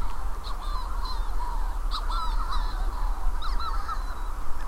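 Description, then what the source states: Manx Shearwaters, several birds giving repeated harsh crowing cackles that overlap, over a low rumble. Many wild birds calling after dark before midnight on an overcast, starless night in June 2018 on Skomer Island, Wales; pairs calling to find each other during a census.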